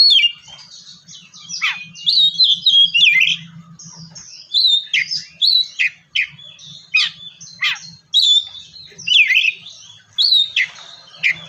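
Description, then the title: Oriental magpie-robin singing a rich, varied run of whistles, slurred notes and quick downslurs, with a faint low hum underneath through much. "kacer"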